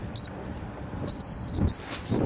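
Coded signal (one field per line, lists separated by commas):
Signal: beep code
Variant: Arc-Geo data logger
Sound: a high electronic beep, then two longer high beeps close together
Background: outdoor background noise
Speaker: and you heard the two beeps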